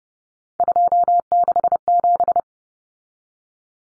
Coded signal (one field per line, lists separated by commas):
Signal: Morse code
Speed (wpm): 30 wpm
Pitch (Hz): 700 Hz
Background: none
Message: 267